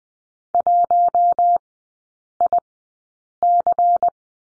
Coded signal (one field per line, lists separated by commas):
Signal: Morse code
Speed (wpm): 20 wpm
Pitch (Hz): 700 Hz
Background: none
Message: 1IC